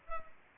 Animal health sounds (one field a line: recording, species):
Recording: mosquito wingbeat signal from an infrared sensor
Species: Culex pipiens